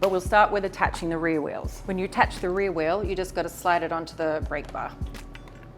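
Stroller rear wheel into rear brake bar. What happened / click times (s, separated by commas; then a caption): The wheel is being handled but has not clicked home yet / none. Someone talks while handling the rear wheel of a Bumbleride Indie All Terrain stroller, about to slide its axle onto the stroller's rear brake bar, which comes already attached. A brief handling sound is heard near 5.4 s, but the wheel has not yet clicked or seated onto the brake bar when the clip ends.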